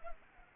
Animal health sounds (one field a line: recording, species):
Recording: mosquito wingbeat signal from an infrared sensor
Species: Culex pipiens